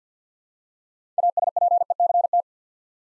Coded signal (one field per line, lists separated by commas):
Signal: Morse code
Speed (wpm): 50 wpm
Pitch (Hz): 700 Hz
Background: none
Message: ASPECT